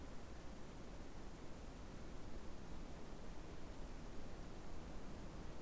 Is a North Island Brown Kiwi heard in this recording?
no